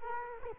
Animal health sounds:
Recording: mosquito wingbeat signal from an infrared sensor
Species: Culex quinquefasciatus

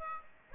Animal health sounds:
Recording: mosquito wingbeat signal from an infrared sensor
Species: Aedes aegypti

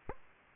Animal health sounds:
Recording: mosquito wingbeat signal from an infrared sensor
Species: Aedes aegypti

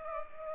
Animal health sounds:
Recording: mosquito wingbeat signal from an infrared sensor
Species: Culex pipiens

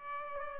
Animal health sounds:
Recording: mosquito wingbeat signal from an infrared sensor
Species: Aedes albopictus

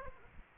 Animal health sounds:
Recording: mosquito wingbeat signal from an infrared sensor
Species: Aedes aegypti

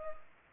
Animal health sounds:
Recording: mosquito wingbeat signal from an infrared sensor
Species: Culex pipiens

